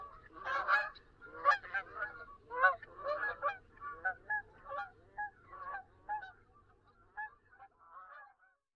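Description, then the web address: Canada goose calls, a series of nasal honks from several birds, loud at first and then thinning into softer, spaced honks toward the end, with a faint low hum beneath. "Wildlife Identification By Sound, Eastern North America Pt 2. Canada Goose"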